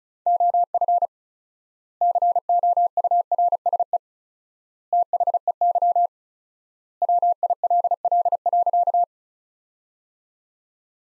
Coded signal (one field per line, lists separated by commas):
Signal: Morse code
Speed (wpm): 34 wpm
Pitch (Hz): 700 Hz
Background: none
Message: OF COURSE THEY WILL.